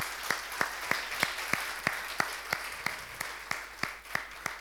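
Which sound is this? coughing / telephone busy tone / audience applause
audience applause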